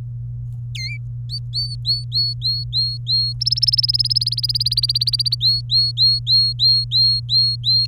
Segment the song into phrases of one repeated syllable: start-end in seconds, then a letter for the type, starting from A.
0.75-0.97 A, 1.29-3.33 B, 3.41-5.35 C, 5.41-7.86 B